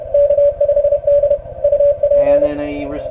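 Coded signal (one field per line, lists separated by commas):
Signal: Morse code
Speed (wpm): 30 wpm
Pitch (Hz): 580 Hz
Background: radio noise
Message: K5D UP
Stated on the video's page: 30 meter CW on 10.106, trying to work a station that was neither weak nor on a bad band.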